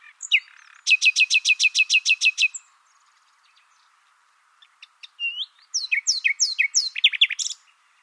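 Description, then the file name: Common nightingale song phrases: a fast rattling run of repeated notes, silence, then a whistle and a varied burst of sweeping, chattering notes. "Luscinia megarhynchos"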